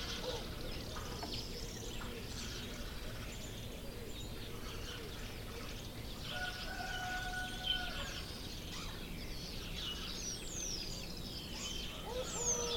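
Canaries warble and chirp in bright, busy bursts over a steady low rumble, with a brief held whistle near the middle.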